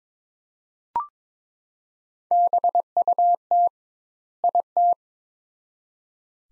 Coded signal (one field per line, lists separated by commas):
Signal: Morse code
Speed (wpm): 22 wpm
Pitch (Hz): 700 Hz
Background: none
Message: BUT IT